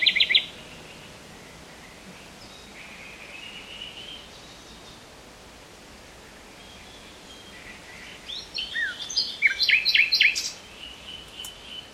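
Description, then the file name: Common nightingale song: a brief sharp note burst, long thin whistled notes, then a loud fast series of repeated chirps near the end over steady background hiss. "Luscinia megarhynchos"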